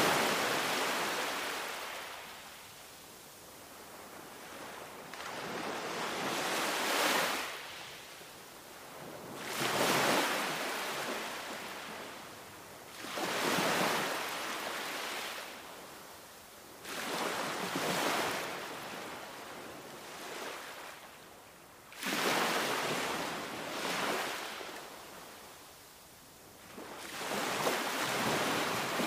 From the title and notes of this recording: Relaxing Ocean Waves on Tropical Beach. Tropical ocean waves coming to shore.